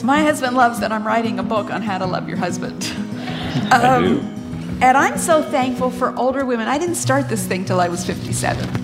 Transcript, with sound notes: My husband loves that I’m writing a book on how to love your husband! (laughter) And I’m so thankful for older women. I didn’t start this thing 'til I was fifty-seven